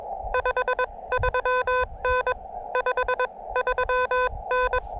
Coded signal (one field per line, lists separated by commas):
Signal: Morse code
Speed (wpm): 22 wpm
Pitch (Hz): 500 Hz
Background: none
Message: 53N 53N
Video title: Deja Vu: CW POTA at Chenango Valley State Park.....again......With the Elecraft KX2 and AX1 antenna